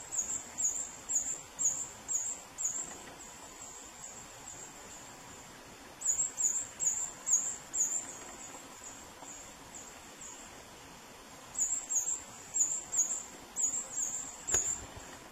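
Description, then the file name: Hummingbird song: three separate bursts of rapid, very high-pitched chips, each burst several notes long, with a quiet pause between bursts and low background hiss. "Canto do beija flor roxo"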